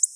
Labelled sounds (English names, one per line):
Black-throated Blue Warbler flight call